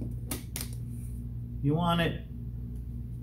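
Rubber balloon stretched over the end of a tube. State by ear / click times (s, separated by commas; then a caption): seated / 0.6 s. A rubber balloon's large end is stretched like a swim cap over one end of a tube for a homemade instrument and snaps into place with a sharp snap at 0.6 s, following an earlier softer snap near 0.3 s. Afterward, someone talks briefly.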